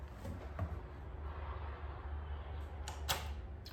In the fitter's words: Oh yeah, she just clicked into place.